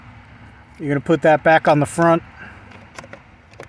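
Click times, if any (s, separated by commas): none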